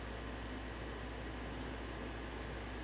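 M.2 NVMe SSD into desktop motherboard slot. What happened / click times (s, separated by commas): The drive is being handled but has not yet seated; no click is heard / none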